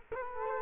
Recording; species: mosquito wingbeat signal from an infrared sensor; Culex quinquefasciatus